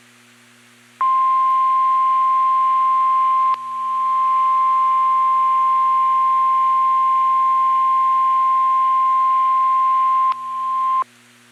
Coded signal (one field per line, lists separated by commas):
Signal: Emergency Alert System (SAME) tones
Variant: 1050 Hz attention tone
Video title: Severe Thunderstorm Warning for Arkansas (EAS #8)